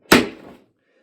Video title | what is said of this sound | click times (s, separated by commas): Pentair Kreepy Krauly Great White Bumper Inserts - Quick Fix | Just simply push it up until you hear it click. | 0.1 s